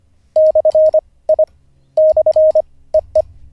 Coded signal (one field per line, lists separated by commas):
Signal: Morse code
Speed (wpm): 26 wpm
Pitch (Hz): 620 Hz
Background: none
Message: / I / EE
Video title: N0SSC Learns Morse Code (Day 47)